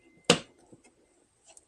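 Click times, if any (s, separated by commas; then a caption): 0.3 s. A replacement jump seat lid is hooked in on one side first, then pushed all the way into the plastic center console of a 2000–2006 Chevy Tahoe, Silverado or GMC Sierra (GMT800) truck. It snaps into place with one sharp, loud click at 0.3 s, followed by a few faint handling sounds. The lid is seated.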